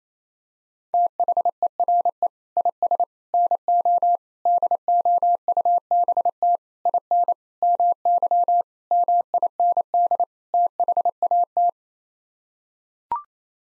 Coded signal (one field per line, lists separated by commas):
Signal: Morse code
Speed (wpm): 28 wpm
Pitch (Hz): 700 Hz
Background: none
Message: THERE IS NO DOUBT IN MY MIND THAT